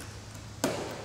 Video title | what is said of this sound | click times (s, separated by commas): Pilot and copilot Plane tint install | in place then you'll have one ball socket and that will click into the quick release | 0.6 s